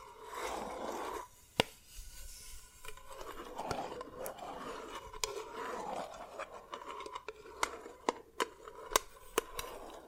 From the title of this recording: Dalgona Candy Challenge Tapping, Cracking Triggers